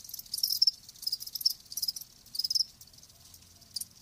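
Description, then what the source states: Crickets giving high chirps in a few clustered bursts, then quieter trilling, over a faint low background. Live crickets chirping.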